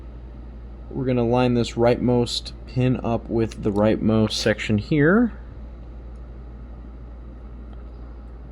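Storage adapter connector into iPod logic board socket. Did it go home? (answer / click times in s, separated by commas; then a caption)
no / none. Someone talks while lining up the rightmost pin of a storage adapter connector with the rightmost section of the logic board socket on an iPod Classic 4th Gen before pressing it in. The talk runs from about 1.0 to 5.3 s over a steady low hum, followed by quiet hum with only a faint brief tick near 7.7 s. Nothing has seated or clicked yet.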